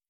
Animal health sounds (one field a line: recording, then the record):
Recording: hydrophone in a shrimp aquaculture tank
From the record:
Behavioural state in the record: feeding